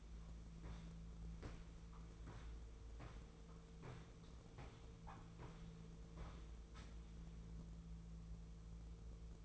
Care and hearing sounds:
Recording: daily activity, microphone in the room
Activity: walk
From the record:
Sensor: 1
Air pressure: 1005.4 hPa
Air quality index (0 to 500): 121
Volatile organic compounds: 4 ppm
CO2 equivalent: 1693 ppm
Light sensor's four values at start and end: 11/27/11/12 and 11/26/11/11

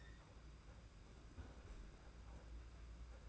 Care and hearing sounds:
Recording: daily activity, microphone in the room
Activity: close fridge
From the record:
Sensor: 2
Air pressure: 991.7 hPa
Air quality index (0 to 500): 221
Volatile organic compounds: 1000 ppm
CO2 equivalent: 7385 ppm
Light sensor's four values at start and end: 25/80/31/29 and 25/80/31/29

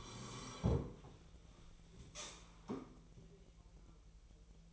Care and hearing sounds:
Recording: daily activity, microphone in the room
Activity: sit down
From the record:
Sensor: 1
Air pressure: 1001.9 hPa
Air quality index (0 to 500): 246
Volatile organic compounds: 116 ppm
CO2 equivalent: 3852 ppm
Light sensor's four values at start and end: 11/26/10/12 and 11/26/11/12

